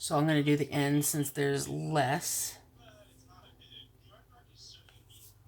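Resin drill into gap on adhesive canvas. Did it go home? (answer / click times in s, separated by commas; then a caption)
no / none. Someone talks for the first two and a half seconds, then a small plastic resin diamond-painting drill is pressed into a gap between neighbouring drills on the adhesive canvas, with only faint, quiet touches heard near 3.6 s and 4.9 s. The drill does not click into the gap; nothing has clicked yet.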